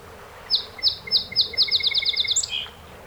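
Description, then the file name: Song sparrow song: slow, evenly spaced high notes that accelerate into a tight trill, finished by a higher accent note and buzzy ending. A set of 48 songs recorded on 7 June 2018. "2018-06-07 Song Sp 48 Songs"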